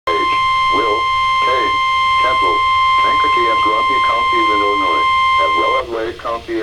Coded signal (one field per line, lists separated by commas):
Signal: Emergency Alert System (SAME) tones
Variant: 1050 Hz attention tone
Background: speech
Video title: EAS #4 Special Marine Warning 9/11/13